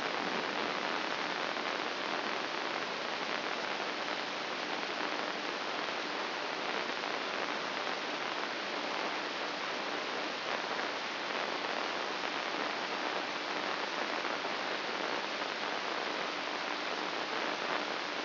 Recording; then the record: brain microelectrode recording played as sound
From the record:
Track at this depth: inside the subthalamic nucleus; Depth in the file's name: 4.018 mm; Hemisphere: left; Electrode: 2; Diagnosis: Parkinson's disease